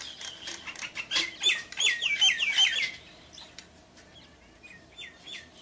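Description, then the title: Javan pied starling song of rasping notes and a run of repeated, quick downslurred whistles, fading into a few softer whistled notes. "jalak_suren"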